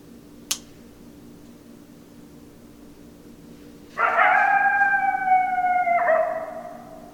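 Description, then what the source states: Coyote howl: a single sharp click early, quiet, then a steady harmonic howl lasting about three seconds with a brief break and slight downward slide. Several coyotes; 10 December 2012.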